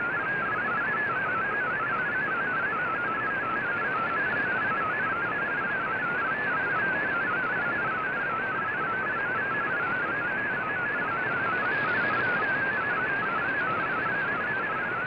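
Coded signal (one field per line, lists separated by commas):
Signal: multi-tone FSK (Olivia or MFSK type)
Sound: rapid warbling single tone hopping between nearby pitches, steady over shortwave hiss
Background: radio static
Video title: Voice Of America VOA Radiogram Mar 19 2017 on 11580Khz Shortwave Radio in MFSK16,32 with SSTV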